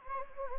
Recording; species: mosquito wingbeat signal from an infrared sensor; Anopheles gambiae